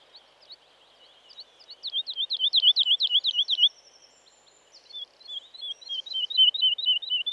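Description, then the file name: Woodlark song: a series of looping, liquid notes that rises in volume, a pause, then a second softer run of slurred notes, with faint high calls behind. "Woodlark (Lullula arborea)"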